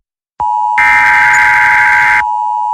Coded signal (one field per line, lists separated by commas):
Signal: Emergency Alert System (SAME) tones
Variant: header bursts